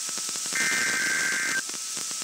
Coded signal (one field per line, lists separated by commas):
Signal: Emergency Alert System (SAME) tones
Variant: header bursts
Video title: Weekly Madness Wednesday (EAS #14841-14846) 1/24/24